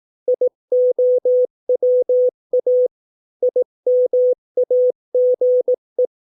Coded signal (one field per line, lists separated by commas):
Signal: Morse code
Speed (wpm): 18 wpm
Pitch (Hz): 500 Hz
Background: none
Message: IOWA IMAGE